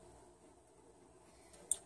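A plastic pop bumper part is pushed onto its mount on a pinball pop bumper during installation. After quiet low background noise, a single sharp click is heard at 1.7 s as the part seats firmly in place.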